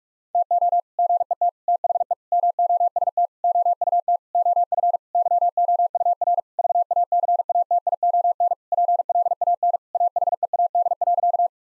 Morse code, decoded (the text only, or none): TO GET THE MOST OUT OF YOUR VACATION PLAN AHEAD.